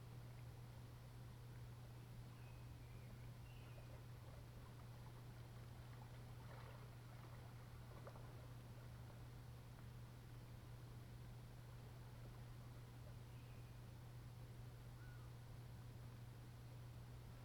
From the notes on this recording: soundscape recordings made in the Eastern part of Parry Sound District of Ontario